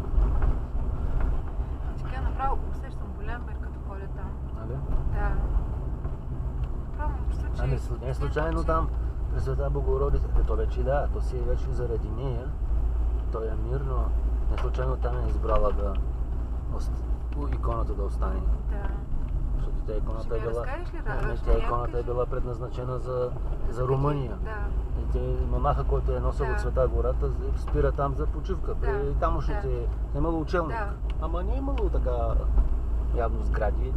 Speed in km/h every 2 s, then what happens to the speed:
37, 34, 35, 35, 29, 32, 36, 30, 31, 28, 25, 27, 32, 34, 29, 35, 32.
0-6 steady at about 35. 6-8 slows to 29. 8-12 speeds up to 36. 12-20 slows to 25. 20-25 speeds up to 34.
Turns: 9-15, 19-24.